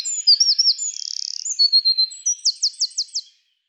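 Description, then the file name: Eurasian wren song: a fast, high-pitched run of sharp whistled notes, a brief buzzy trill, then a loud rattling trill of rapid repeated notes ending abruptly. "Troglodytes troglodytes"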